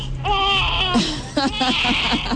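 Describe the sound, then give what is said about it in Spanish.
A crying sound effect: a high, quavering wail like an infant crying, one long drawn-out cry followed by shorter, choppy sobbing bursts, loud and filling the whole stretch. “Pero esta noche, ¿sabe quién va a hacer ese llanto, verdad?”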